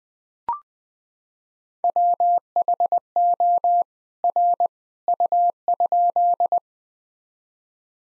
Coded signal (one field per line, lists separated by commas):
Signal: Morse code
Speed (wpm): 20 wpm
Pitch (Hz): 700 Hz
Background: none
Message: WHO R U?